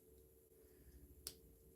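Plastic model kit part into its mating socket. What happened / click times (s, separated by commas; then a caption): The plastic part snapped fully into its socket / 1.3 s. A plastic part of an HGUC RX-178 Mk.II Gunpla model kit, which had not gone fully in, is pushed all the way down into its mating socket. A single sharp snap sounds at 1.3 s over a low, steady background hum. The part seats, fixing the problem caused by it not being pushed all the way down.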